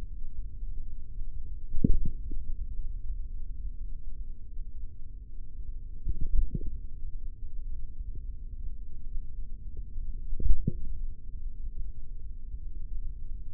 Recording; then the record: forearm muscle sounds (acoustic myography)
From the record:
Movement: tripod grip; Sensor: system 3, bracelet of six PUI Audio POM-2738L microphones around the upper forearm, with dedicated amplification and filtering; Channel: 2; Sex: male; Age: 43 years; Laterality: right